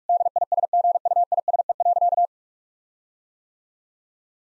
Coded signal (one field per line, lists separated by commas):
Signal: Morse code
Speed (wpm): 46 wpm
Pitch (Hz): 700 Hz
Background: none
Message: DISGUISE.